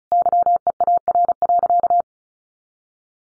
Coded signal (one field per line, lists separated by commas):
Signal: Morse code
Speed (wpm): 34 wpm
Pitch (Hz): 700 Hz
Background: none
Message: YEAR.